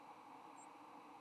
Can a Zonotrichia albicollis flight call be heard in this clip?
no